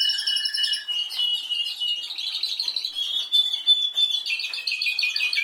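Canary song: rapid rolling trills gliding slowly upward, a thin pure whistle near the middle, then quick chattering repeated notes to the close.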